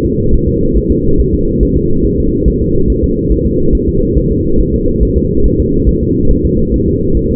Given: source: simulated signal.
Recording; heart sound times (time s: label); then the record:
fetal heart sounds
0.05 s: S2
0.34 s: S1
0.49 s: S2
0.77 s: S1
0.92 s: S2
1.20 s: S1
1.34 s: S2
1.63 s: S1
1.77 s: S2
2.05 s: S1
2.20 s: S2
2.48 s: S1
2.62 s: S2
2.90 s: S1
3.04 s: S2
3.32 s: S1
3.46 s: S2
3.75 s: S1
3.89 s: S2
4.18 s: S1
4.32 s: S2
4.60 s: S1
4.74 s: S2
5.03 s: S1
5.17 s: S2
5.46 s: S1
5.60 s: S2
5.89 s: S1
6.03 s: S2
6.31 s: S1
6.45 s: S2
6.74 s: S1
6.88 s: S2
7.17 s: S1
7.31 s: S2
From the record:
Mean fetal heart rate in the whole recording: 140 bpm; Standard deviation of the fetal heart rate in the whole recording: 2 bpm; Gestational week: 34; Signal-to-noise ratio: -16.4 dB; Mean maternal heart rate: 72 bpm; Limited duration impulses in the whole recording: present